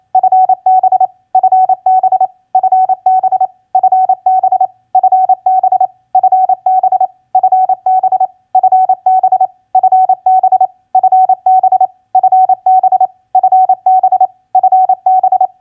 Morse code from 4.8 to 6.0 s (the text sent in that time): FB